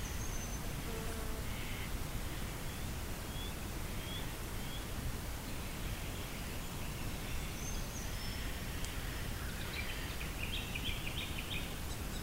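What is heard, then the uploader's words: Early morning birdsong by a river: scattered chirps and a brief trill near eleven seconds over a steady low rush of water. This is an early morning recording of the bird song on the Isabella River. I think made mid 1990s.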